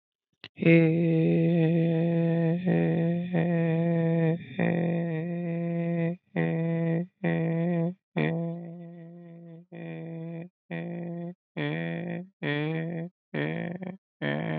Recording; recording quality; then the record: sustained vowel as in made; excellent, no background noise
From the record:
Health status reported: healthy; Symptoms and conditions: none ticked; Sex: male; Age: 19 years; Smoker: not ticked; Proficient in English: yes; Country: India